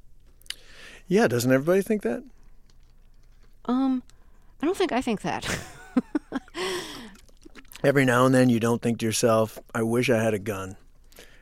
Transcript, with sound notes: Yeah, doesn't everybody think that?
I don't think I think that.
(SOUNDBITE OF LAUGHTER)
Every now and then you don't think to yourself, I wish I had a gun?